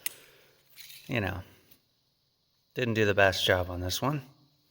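A homemade replacement fuel hose for a 1997 Jeep Wrangler is handled near its quick-connect fitting on the fuel tank, after the leaking hose was pulled out. A brief sharp transient opens the clip at 0.1 s, followed by quiet handling noise while someone talks. Nothing has seated or clicked yet.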